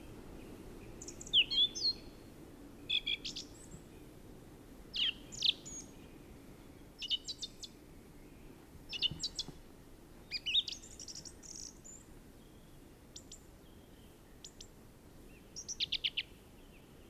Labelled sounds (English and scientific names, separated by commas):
Song Thrush (Turdus philomelos) song